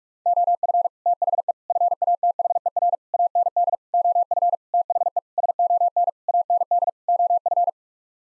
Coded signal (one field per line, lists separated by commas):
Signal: Morse code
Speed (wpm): 41 wpm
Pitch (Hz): 700 Hz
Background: none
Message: OF THE FATHER AND OF THE SON AND OF